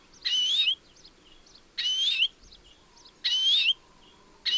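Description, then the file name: European greenfinch repeating a harsh, buzzy wheeze with a wavering whistled core, three full calls and the start of a fourth, about one and a half seconds apart. "Chloris chloris"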